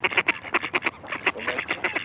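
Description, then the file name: Mallard quacking in a rapid series of short nasal calls. Sound from a Plurifon hunting lure chip. "Кряква Germano"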